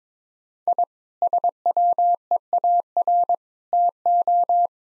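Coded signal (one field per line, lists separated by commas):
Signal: Morse code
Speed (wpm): 22 wpm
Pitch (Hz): 700 Hz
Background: none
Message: I SWEAR TO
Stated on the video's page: Morse head-copy practice of sentences at 22 wpm, each sent, then spoken, then sent again.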